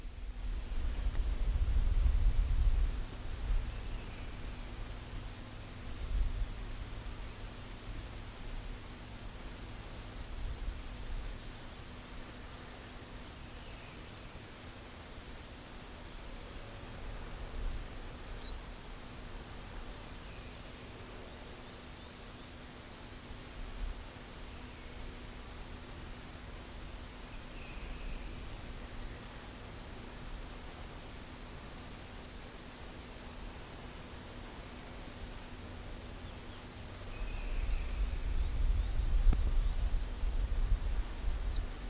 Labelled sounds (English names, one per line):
Ortolan Bunting call